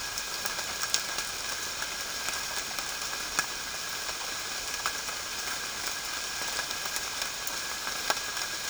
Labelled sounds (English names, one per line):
none